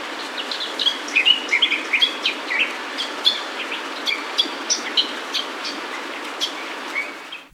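Bird chirps: many short bright notes given irregularly over a steady broad rushing noise.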